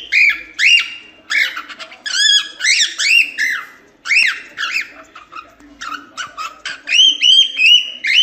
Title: Calopsitas Cantando Assobio